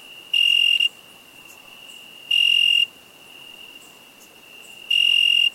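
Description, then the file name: Cricket chirps: three loud high bursts about two to two and a half seconds apart, steady in pitch, over a softer continuous tone at the same pitch. "cricketinsect soundsclipsfromorangefreesounds"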